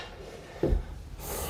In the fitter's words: And they're locked into place.